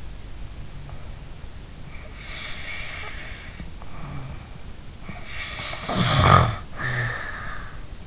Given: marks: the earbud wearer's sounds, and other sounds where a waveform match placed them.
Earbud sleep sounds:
sounds in sleep by an in-ear microphone; snoring breath
1.83-4.50 s: snoring breath
4.99-7.77 s: snoring breath

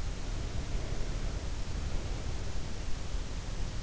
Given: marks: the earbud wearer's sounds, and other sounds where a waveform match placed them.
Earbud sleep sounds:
sounds in sleep by an in-ear microphone; breath
0.57-3.15 s: breath

